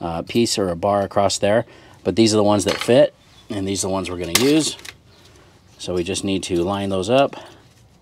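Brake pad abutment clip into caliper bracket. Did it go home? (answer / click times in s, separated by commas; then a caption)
no / none. Someone talks while handling a new metal brake pad abutment clip, lining it up on the rear caliper bracket of a 2013–2018 Toyota RAV4 during a rear brake pad and rotor replacement. Only speech with brief pauses is heard, and nothing has seated or clicked into the bracket yet.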